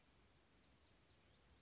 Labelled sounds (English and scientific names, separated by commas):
Western Flycatcher (Empidonax difficilis)